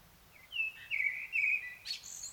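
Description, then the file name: Common blackbird song phrase: several rich fluted notes, then a thin, high, squeaky trill at the end. "Turdus merula"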